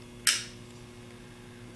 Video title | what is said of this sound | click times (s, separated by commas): How to rebuild 3G alternator | take a pair of needle nose pliers and pull the pin and as you pull it out you'll hear the brushes click in and | 0.3 s